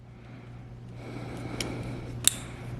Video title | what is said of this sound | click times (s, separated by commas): How to Install HEATED Grips on R3 | Okay, click. It's secure and out of the way. | 2.3 s